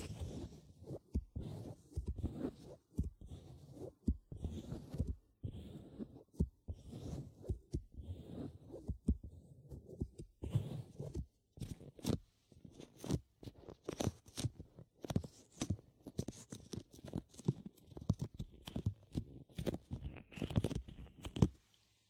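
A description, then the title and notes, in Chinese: A gentle binaural massage, heard as a steady run of soft, muffled thumps and rubs, several per second and slightly irregular. Each stroke lands with a dull low thud and a faint brushing hiss above it, with no pauses longer than a moment. 姐系女友的温柔双耳按摩。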